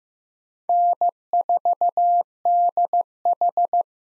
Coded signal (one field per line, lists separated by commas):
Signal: Morse code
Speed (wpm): 15 wpm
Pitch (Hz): 700 Hz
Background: none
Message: N4DH